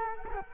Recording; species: mosquito wingbeat signal from an infrared sensor; Culex quinquefasciatus